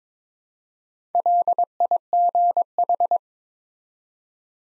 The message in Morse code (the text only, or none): LIGH